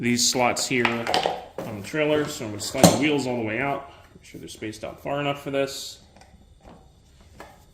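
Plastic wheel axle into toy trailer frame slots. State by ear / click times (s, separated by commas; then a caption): seated / 7.4 s. Someone talks while sliding the wheels all the way out on the wheel axle assembly of a Peg Perego plastic ride-on toy trailer for a John Deere Ground Loader, spacing them before pressing it into the slots on the trailer body. After the talking stops there are faint small knocks around 6.2 s, then the axle snaps into the trailer frame slots with a sharp click at 7.4 s, seated easily.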